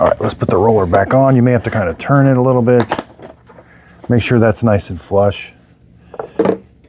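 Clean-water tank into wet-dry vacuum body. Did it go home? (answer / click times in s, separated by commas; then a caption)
yes / 6.2 s, 6.4 s. Someone talks while putting the roller back on a Tineco S7 Stretch Ultra cordless wet-dry floor cleaner, turning it a little so it sits flush, then pushes the plastic clean-water tank onto the cleaner body. The tank clicks into place with sharp clicks at 6.2 s and 6.4 s, and it is seated.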